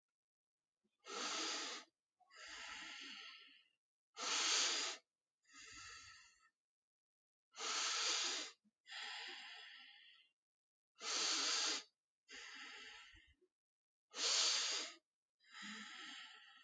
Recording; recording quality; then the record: deep breathing; excellent, no background noise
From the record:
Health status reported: healthy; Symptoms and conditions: none ticked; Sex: male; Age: 33 years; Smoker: not ticked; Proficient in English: yes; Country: India